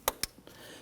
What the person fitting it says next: you can hear it and feel it click into place once that's done